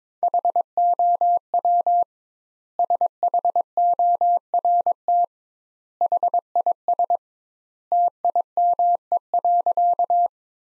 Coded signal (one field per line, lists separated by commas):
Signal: Morse code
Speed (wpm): 22 wpm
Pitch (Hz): 700 Hz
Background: none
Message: HOW SHORT HIS TIME.